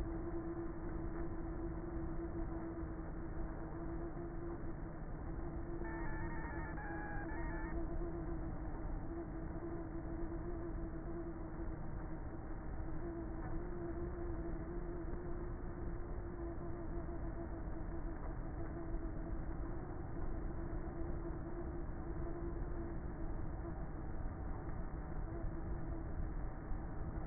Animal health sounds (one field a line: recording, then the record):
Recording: honeybee colony, microphone inside the hive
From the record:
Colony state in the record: queenless with a low population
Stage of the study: before two queens were removed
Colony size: about 30,000 bees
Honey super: no